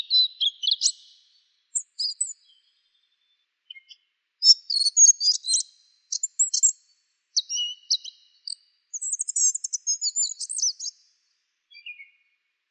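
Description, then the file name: Asian brown flycatcher producing scattered high chips and fast squeaky twitter phrases, including a longer rattling run in the second half; no other noise. "sikatan bubik"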